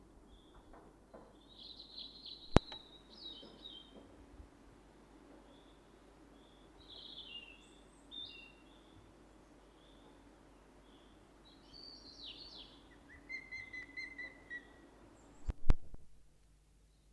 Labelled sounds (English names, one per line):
European Robin song